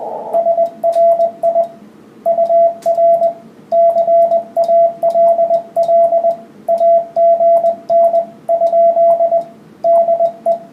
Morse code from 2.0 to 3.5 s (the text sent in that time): UR